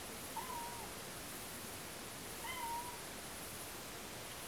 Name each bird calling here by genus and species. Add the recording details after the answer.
none. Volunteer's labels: Autre biophonie chat miaulement. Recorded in France